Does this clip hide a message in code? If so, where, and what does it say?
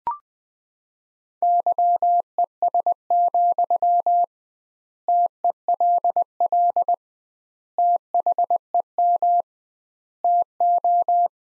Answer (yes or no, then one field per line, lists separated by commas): yes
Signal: Morse code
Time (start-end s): 1.4-11.3 s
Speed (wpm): 19 wpm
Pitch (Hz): 700 Hz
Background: none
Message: YES, TELL THEM TO